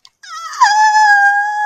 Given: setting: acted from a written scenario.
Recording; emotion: vocal sound without words; elation